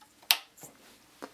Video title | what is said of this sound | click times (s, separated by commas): Build 2013 - Corsair AX1200i | i just line it up plug it until it clicks it's that easy | 0.3 s